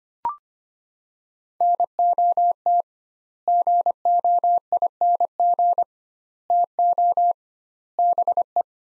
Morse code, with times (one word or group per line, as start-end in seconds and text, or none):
1.6-2.8 NOT
3.5-5.8 GOING
6.5-7.3 TO
8.0-8.6 BE